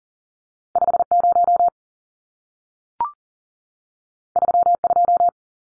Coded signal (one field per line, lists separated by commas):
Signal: Morse code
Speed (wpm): 40 wpm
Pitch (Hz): 700 Hz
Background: none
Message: 50 32